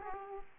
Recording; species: mosquito wingbeat signal from an infrared sensor; Aedes aegypti